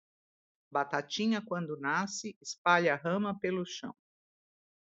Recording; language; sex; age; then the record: short text; Brazilian Portuguese; female; 60 to 69 years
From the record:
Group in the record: control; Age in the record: 64 years